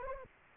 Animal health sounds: mosquito wingbeat signal from an infrared sensor; Anopheles arabiensis

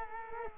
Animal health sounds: mosquito wingbeat signal from an infrared sensor; Culex quinquefasciatus

